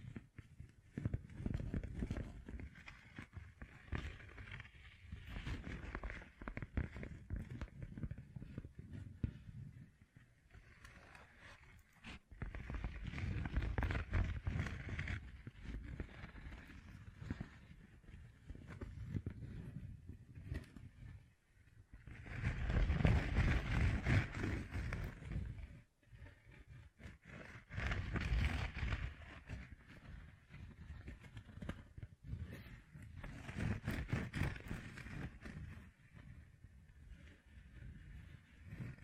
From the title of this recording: Gem Covered Fingertips Tapping and Scratching